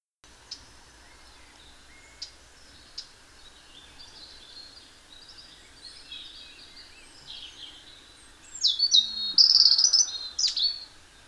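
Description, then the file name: European robin song: after faint scattered high notes, one loud, thin, twittering phrase of very high, rapidly varied notes near the end, over a steady low background hiss. "Erithacus rubecula"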